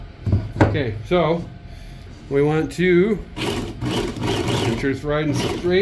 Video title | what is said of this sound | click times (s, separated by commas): Re-honing a new straight razor with a Ken Onion Work Sharp | just unlock it boom | 0.6 s